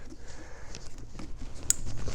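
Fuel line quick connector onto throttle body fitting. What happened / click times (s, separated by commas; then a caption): The fuel line quick connector clicked onto its fitting / 1.7 s. A fuel line quick connector is clipped back onto its fitting at the throttle body during a turbo install on a Ski-Doo 850 snowmobile. A few small handling clicks and rustles come before a sharp, loud click at 1.7 s as the connector seats.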